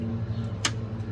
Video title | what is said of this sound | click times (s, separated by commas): 2006 Eclipse Throttle Body | Make sure you hear that click. Just like that. | 0.6 s